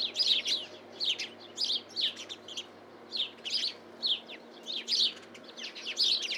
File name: Passer domesticus